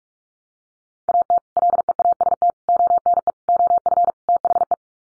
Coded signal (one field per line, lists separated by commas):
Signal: Morse code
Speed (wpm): 44 wpm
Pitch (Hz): 700 Hz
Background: none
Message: AT LEAST ONE OF THE